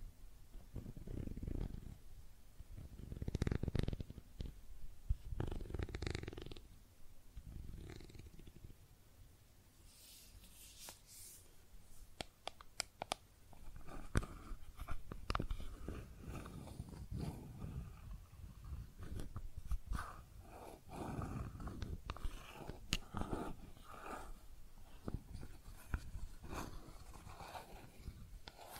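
Tapping and scratching on makeup items, with soft low rubbing in the first seconds, then irregular bursts of crisp taps and scrapes throughout.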